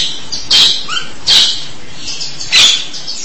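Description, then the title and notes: Starling giving three loud, harsh bursts, with a short whistled note between the first two. "suara burung jalak"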